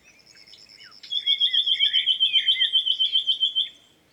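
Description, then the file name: Common nightingale song: a soft high series, then a long, fast, even trill of loud repeated notes lasting about two and a half seconds. "Luscinia megarhynchos"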